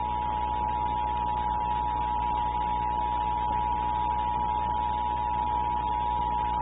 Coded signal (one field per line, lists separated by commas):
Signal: Emergency Alert System (SAME) tones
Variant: 853 and 960 Hz attention tone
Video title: Nickelodeon EAS (May 2001)